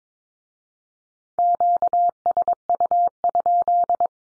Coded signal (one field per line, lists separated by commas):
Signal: Morse code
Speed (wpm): 22 wpm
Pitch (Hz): 700 Hz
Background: none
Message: QSU?